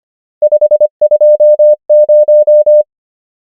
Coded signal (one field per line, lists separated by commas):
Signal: Morse code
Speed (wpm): 25 wpm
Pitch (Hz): 600 Hz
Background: none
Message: 5 2 0